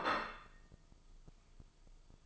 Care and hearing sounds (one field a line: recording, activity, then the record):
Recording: daily activity, microphone in the room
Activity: place plate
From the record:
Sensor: 5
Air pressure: 995.3 hPa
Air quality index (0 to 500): 86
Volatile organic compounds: 4 ppm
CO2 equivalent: 1600 ppm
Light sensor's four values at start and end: 24/59/23/21 and 24/59/23/21